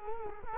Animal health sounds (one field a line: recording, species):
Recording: mosquito wingbeat signal from an infrared sensor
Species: Culex quinquefasciatus